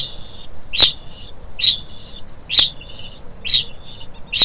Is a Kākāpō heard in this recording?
yes